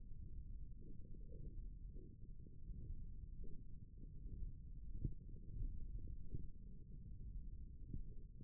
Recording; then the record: forearm muscle sounds (acoustic myography)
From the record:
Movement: finger pinch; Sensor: system 1, eight BSWA MPA416 microphones around the upper forearm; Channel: 1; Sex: female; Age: 22 years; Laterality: right